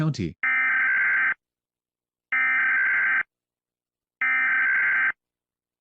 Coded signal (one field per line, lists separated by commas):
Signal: Emergency Alert System (SAME) tones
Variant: header bursts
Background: speech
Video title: St. Patricks Day Special) EAS Short Scenario 18 - Unlucky Serial